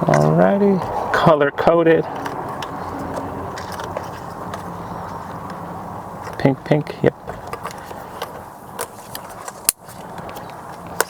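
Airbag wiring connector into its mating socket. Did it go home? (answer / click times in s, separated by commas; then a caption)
yes / 9.7 s, 11.0 s. A plastic pink colour-coded airbag wiring connector is pushed into its mating socket on a salvage Hyundai Santa Fe SUV while someone talks. Small handling clicks and rustles follow, then the connector seats with sharp, loud clicks at 9.7 s and 11.0 s, snapping firmly into place.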